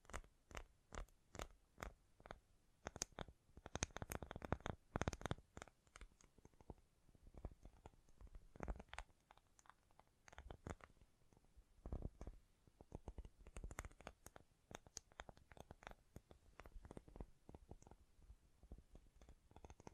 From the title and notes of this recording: ASMR Great Tapping Sounds for Sleep (No Talking).